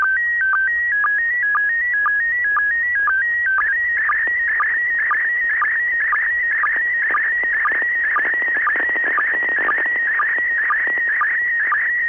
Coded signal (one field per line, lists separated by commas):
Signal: SSTV (slow-scan television)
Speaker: okay considering the static on the signal this didn't turn out too bad